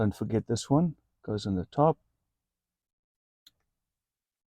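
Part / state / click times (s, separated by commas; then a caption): horn wiring connector into steering wheel socket / seated / 3.5 s. Someone talks while the horn wiring connector is pushed onto its socket on the steering wheel. After a pause, a single short, sharp click is heard at 3.5 seconds as the horn connector latches and is seated.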